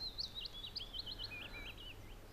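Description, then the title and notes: Willow Warbler song, a faint, brief run of soft, slurred notes that gently descend in pitch over steady low background hiss. Males still singing in thickets on sunny mornings while migration is already fully under way. "Pajulintu. Viikon luontoäänen esitteli Juha Laaksonen"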